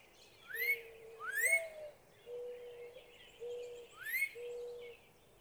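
Northern cardinal song of loud upward-slurred whistles, repeated about three times, over low steady whistled tones.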